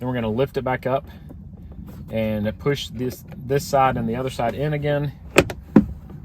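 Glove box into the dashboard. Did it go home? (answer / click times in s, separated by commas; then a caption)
yes / 5.4 s, 5.8 s. Someone talks while a plastic glove box, being reinstalled after replacing the cabin air filter, is lifted back up and each side is pushed into the dash opening so the stops slide past and catch. Two sharp clicks ring out at 5.4 s and 5.8 s as the glove box sides snap back into the dashboard, and it is seated.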